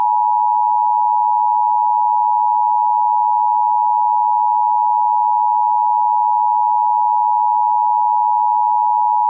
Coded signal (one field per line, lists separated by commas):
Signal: Emergency Alert System (SAME) tones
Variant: 853 and 960 Hz attention tone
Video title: "CAPTIVE" [EAS Mock]